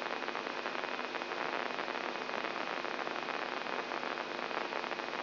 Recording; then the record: brain microelectrode recording played as sound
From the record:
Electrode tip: inside the subthalamic nucleus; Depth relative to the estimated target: 1 mm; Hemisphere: left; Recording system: AlphaMap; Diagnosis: Parkinson's disease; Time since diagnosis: 11 years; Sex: male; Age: 67 years